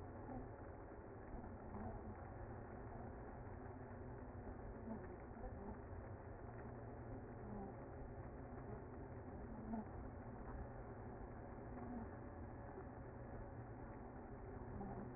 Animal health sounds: honeybee colony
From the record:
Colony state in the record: active

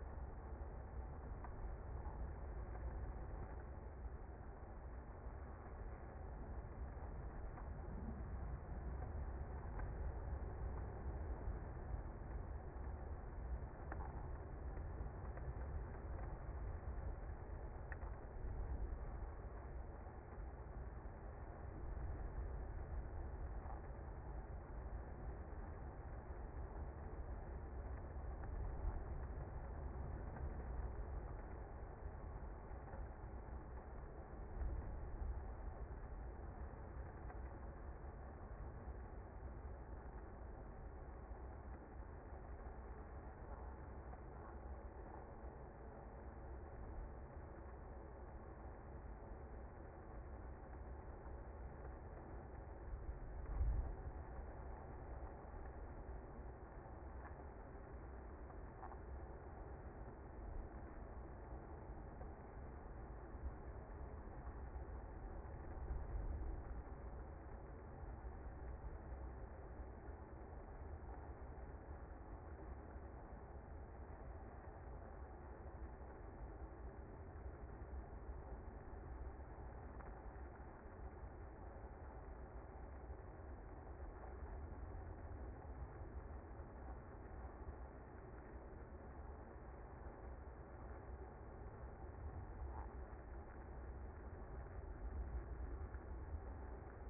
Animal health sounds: honeybee colony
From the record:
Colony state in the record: active

